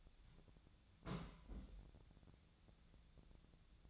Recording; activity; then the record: daily activity, microphone in the room; place on stove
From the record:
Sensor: 3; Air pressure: 1009.9 hPa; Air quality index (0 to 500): 189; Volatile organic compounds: 14 ppm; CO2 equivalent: 2459 ppm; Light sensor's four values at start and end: 41/103/44/48 and 41/103/44/47